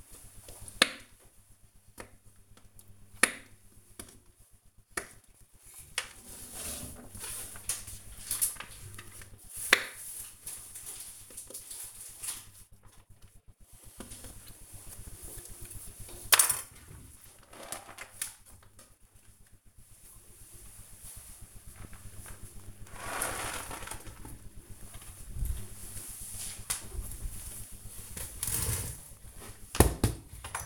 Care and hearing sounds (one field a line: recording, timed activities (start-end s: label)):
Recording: household activities, microphone on the right wrist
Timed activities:
0.00-30.66 s: baking